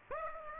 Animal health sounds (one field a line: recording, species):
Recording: mosquito wingbeat signal from an infrared sensor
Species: Aedes aegypti